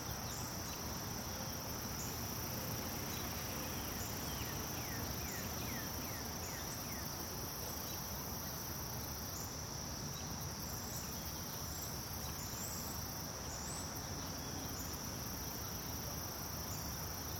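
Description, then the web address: Insects sing a constant high-pitched drone through the whole stretch, over a low background rumble. Daytime outdoor ambience in a residential subdivision neighborhood. "SFXBible 6 Ambience-Subdivision-Day-Birds-Insects-Neighborhood"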